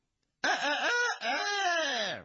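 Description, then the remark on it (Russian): A voice imitates a rooster's crow in one loud, strained call lasting about two seconds: a short wavering opening, a brief break, then a long drawn-out note that slowly falls in pitch. “Петушок. Курочка и петушок.”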